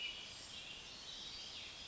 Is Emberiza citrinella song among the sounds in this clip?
no